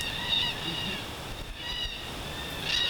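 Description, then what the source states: Black cockatoo calls: three drawn-out, wailing cries. Heard outdoors in a garden during a lecture on 16 January 2022.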